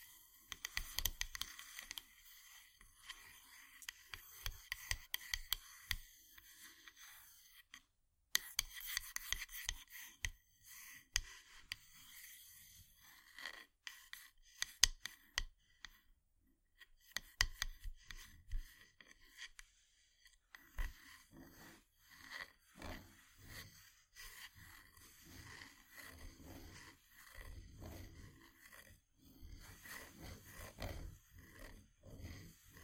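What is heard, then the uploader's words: Wooden ASMR triggers: soft scraping, tapping and brushing on wood, mostly light and bright with sharp little clicks scattered throughout. The sounds come in irregular clusters with brief silent gaps around eight and twenty seconds, growing denser and more continuous toward the end. ASMR Wooden Triggers 1hour（No Talking）.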